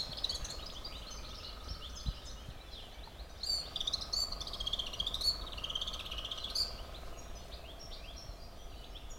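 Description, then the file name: Eurasian blackcap song, a rapid warbling stream of varied high chirps and twittering notes, rising and falling, over a low steady background rumble. "Sylvia atricapilla"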